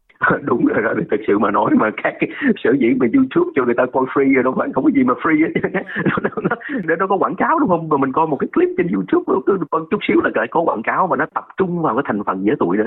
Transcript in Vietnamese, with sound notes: Đúng là thật sự mà nói mà các sở dĩ mà Youtube cho người ta coi free đâu bạn, không có gì mà free hết. [tiếng cười] Nếu nó có quảng cáo đúng không? Mà mình coi một clip trên Youtube, có chút xíu là lại có quảng cáo và nó tập trung vào cái thành phần dễ tụi nữa.